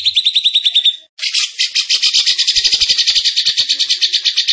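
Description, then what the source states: Bird song beginning with a rapid run of clear repeated chips, a pause, then a dense, rapidly pulsing buzzy chatter. Masteran training recording from Indonesia of a bird singing energetically (gacor).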